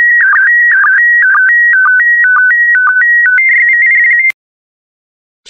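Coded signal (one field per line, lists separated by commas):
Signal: SSTV (slow-scan television)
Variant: PD120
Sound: electronic tone stepping between pitches in a regular half-second rhythm, then silence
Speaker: the next image transmission will start in 10 seconds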